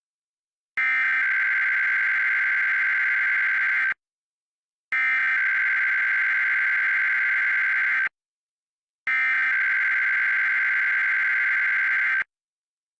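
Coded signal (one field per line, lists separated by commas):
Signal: Emergency Alert System (SAME) tones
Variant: header bursts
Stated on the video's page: Weekly test on a PBS station, with poor audio quality.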